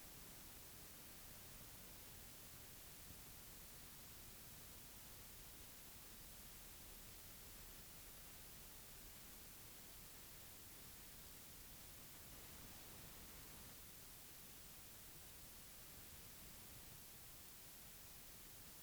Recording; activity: daily activity, guitar pickup as the sensor; sit